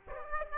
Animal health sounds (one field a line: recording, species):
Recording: mosquito wingbeat signal from an infrared sensor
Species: Aedes aegypti